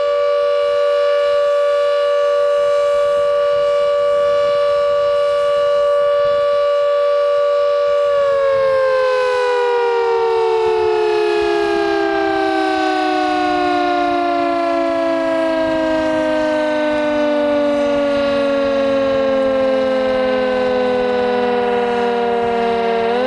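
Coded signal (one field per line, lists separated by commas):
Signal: siren signal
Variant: Carter 1H mechanical siren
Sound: loud steady siren wail for about eight seconds, then pitch slowly falls as it winds down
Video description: Signal: Continuous tone, interrupted four times Duration: 210 sec. Meaning: Danger of flooding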